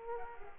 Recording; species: mosquito wingbeat signal from an infrared sensor; Aedes aegypti